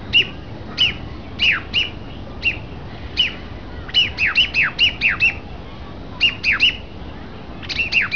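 Thrush calling, repeated short sharp descending notes, singly and in quick runs of two to four, over a low rumbling background.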